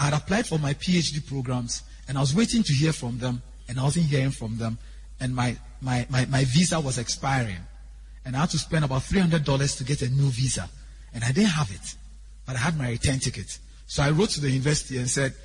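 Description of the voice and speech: Mostly fluent adult male narration with a brief stutter, a repeated "my, my, my, my" before "visa". He has stammered since boyhood and still stammers on some soft consonants and vowels, more so when nervous.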